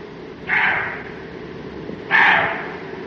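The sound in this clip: Roe deer barks: two hoarse, gruff barks about one and a half seconds apart, each starting sharply and tailing off, with low background hiss.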